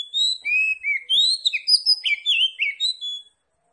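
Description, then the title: Oriental magpie-robin song, a continuous flow of loud, varied whistles, rising and falling slurs and quick twittering notes. Singing in full, energetic form (gacor); Tretes type. "Kacer Tretes"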